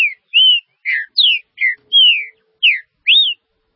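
Green-winged saltator song, a brisk run of eight loud clear whistled notes, some rising, some falling, spaced about half a second apart.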